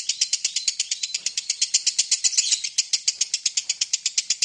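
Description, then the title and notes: Lovebird chattering, fast harsh high-pitched notes pulsing steadily throughout. Lovebird ngekek song used as a lure song (kicau pancingan) to prompt other birds to sing. "Master Kicau Lovebird ngekek, kicau pancingan"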